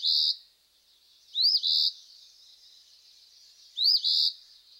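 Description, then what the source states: Eastern Phoebe singing harsh, scratchy two-note phrases, a clipped rising note followed by a buzzy burr, given at uneven intervals. Male; harsh song that sounds out its name, at times like 'feebly'.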